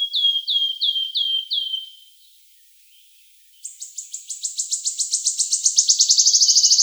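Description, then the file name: Wood Warbler giving a series of several plaintive descending 'piu' notes, a short pause, then a high trill that accelerates into a fast, shivering buzz. "Penochka treshhotka"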